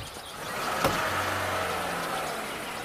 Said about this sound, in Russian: Автомобиль уезжает по дороге в гору.